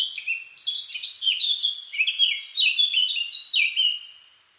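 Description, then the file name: Eurasian blackcap singing a continuous run of quick, varied warbled notes, fading at the end. "Sylvia atricapilla"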